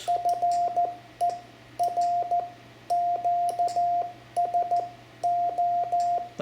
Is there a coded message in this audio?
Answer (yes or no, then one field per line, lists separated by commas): yes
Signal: Morse code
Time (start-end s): 0.1-6.2 s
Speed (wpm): 14 wpm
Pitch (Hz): 700 Hz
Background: radio noise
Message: FER QSO